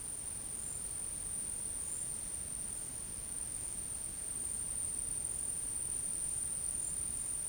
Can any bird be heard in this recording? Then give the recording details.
no. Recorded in dense forest near Puerto Asís, Putumayo, Colombia, on 21 February 2024 at 13:00. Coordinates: 0.486, -76.316. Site G6437